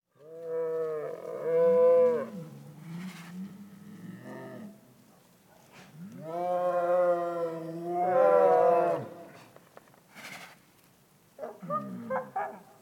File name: Digiffects Sound Effects Library - Tiger Howling and Grumble